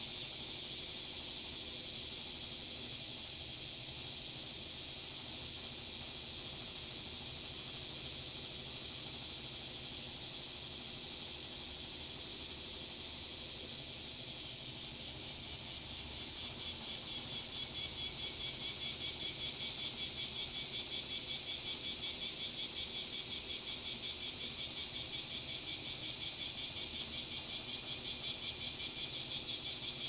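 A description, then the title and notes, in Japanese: Cicadas drone in a steady, dense high buzz, and after about fifteen seconds a rapid, regular pulsing chorus joins in, growing louder. 洗濯機が止まるまで庭を録ってみた。中盤あたりから騒がしくなります(セミのせい)。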